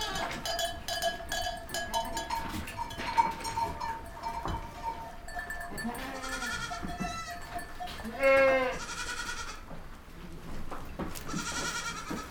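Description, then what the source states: Goat bleats rising from a clanking, rattling background, a sharp loud bleat near eight seconds and a few softer ones. Goats recorded in a goat stable.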